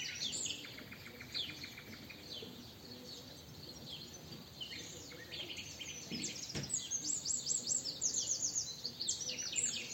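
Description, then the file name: Eurasian wren: rapid high trills rise out of a busy chorus of other birds late on, with a brief thump midway. "Troglodytes troglodytes"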